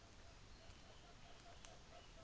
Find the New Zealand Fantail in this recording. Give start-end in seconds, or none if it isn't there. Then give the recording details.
none. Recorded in New Zealand on 24 December 2018. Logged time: 10:15